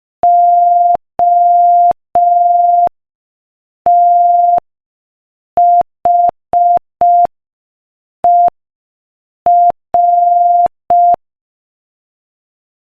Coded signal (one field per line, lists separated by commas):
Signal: Morse code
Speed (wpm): 5 wpm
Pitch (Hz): 700 Hz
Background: none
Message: OTHER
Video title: Morse Code Practice at 5wpm: Pokemon Jokes 3